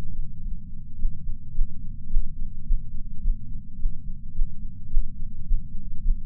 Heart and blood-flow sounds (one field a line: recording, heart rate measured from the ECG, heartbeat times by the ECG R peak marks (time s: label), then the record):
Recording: heart sounds by patch sensor on the chest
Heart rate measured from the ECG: 107 bpm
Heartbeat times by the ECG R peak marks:
0.41 s: heartbeat
0.97 s: heartbeat
1.53 s: heartbeat
2.09 s: heartbeat
2.64 s: heartbeat
3.21 s: heartbeat
3.77 s: heartbeat
4.33 s: heartbeat
4.89 s: heartbeat
5.45 s: heartbeat
6.02 s: heartbeat
From the record:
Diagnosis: coronary artery disease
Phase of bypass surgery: postoperative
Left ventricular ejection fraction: 54.7%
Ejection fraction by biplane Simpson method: 51.3%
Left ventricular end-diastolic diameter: 46 mm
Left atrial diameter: 45 mm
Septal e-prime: 5.3 cm/s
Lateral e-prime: 7.1 cm/s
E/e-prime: 10.6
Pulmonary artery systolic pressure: 26 mmHg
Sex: male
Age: 58 years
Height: 182 cm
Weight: 89 kg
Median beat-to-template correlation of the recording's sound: 0.72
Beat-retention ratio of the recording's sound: 0.99